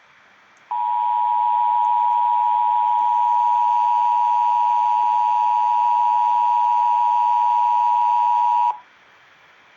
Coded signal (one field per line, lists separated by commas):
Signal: Emergency Alert System (SAME) tones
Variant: 853 and 960 Hz attention tone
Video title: EAS 549 NC RMT